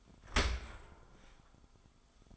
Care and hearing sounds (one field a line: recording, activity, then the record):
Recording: daily activity, microphone in the room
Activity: open dishwasher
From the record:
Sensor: 5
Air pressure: 1004.7 hPa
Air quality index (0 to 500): 91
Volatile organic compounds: 2 ppm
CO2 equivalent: 1099 ppm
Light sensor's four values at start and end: 32/73/30/29 and 32/74/30/30